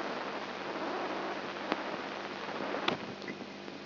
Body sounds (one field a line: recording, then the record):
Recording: brain microelectrode recording played as sound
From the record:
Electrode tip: inside the subthalamic nucleus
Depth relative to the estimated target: -5 mm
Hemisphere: left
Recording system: AlphaMap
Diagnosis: Parkinson's disease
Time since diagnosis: 7 years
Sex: female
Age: 55 years